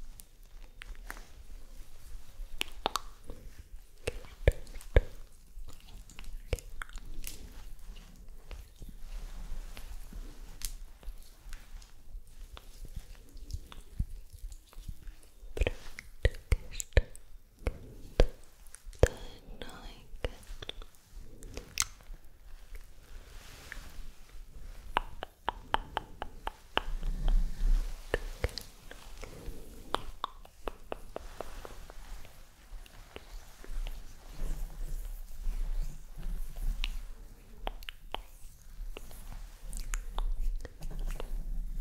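Soft, unintelligible whispering, made up mostly of dense, irregular mouth clicks and wet, chewing-like snaps that keep coming throughout. A few louder clicks stand out around the middle, over a faint low rumble.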